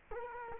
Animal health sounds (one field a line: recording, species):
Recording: mosquito wingbeat signal from an infrared sensor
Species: Culex quinquefasciatus